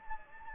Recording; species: mosquito wingbeat signal from an infrared sensor; Anopheles gambiae